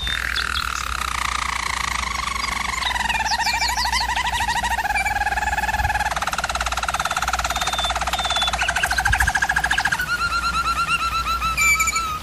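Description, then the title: German Roller canary song: continuous low rolls changing pace, with brief sweeping notes and a faster, pulsing roll toward the end. German Roller canary singing, used for canary training. "German Roller Canary Singing - Canary Training Vid"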